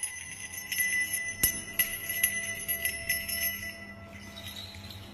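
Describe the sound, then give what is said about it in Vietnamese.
A bell hanging on a pole rings by itself as if someone were shaking it, with bright, high, sustained tones struck repeatedly in an uneven rhythm so the chimes overlap, then the ringing thins and fades over the last second. No voices. “Loáng thoáng có tiếng ông già hút thuốc lào ở sạp bên vang lên cùng với tiếng chuông, làm cho Hiếu giật cả mình.”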